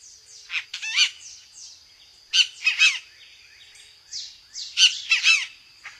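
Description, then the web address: Great kiskadee uttering strident, scratchy calls in three separated bursts of two or three notes each, with softer chatter and a steady high hum between. "Songs of Birds of North America Stokes. Great Kiskadee"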